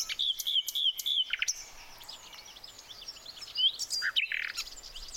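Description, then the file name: Common nightingale song opening with a fast run of repeated notes, then quieter twittering from a chorus of other birds and a short rattle. "Luscinia megarhynchos"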